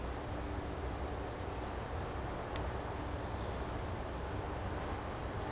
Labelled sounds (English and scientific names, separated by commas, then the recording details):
none
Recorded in dense forest near Puerto Asís, Putumayo, Colombia, on 19 March 2025 at 09:30
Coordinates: 0.481, -76.323
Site G088